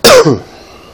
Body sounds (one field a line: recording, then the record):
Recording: coughing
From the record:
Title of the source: Coughing 60